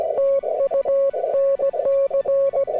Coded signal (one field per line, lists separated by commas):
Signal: Morse code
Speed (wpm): 17 wpm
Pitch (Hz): 550 Hz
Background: music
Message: TU NC